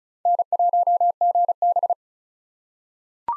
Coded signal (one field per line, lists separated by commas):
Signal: Morse code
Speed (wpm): 34 wpm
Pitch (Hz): 700 Hz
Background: none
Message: N1GB